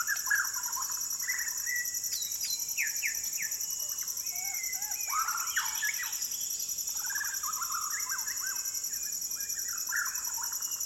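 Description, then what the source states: White-crowned shama song: varied fluting whistles, some rising and some falling, in bursts, over a continuous high insect hum. Fluting calls in a dusk chorus at sunset over a rainforest valley, Maliau NP, Borneo; recorded with Sony PCM D10, Lom MikroUsi mics and BubbleBee Windbubbles.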